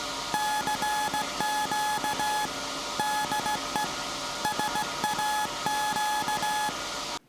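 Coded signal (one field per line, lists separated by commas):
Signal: Morse code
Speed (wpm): 16 wpm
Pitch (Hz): 850 Hz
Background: none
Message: CQ DE SAQ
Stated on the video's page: SAQ VLF transmitter in Sweden on 17 kHz, received with a miniwhip antenna and SDRplay RSPDx receiver.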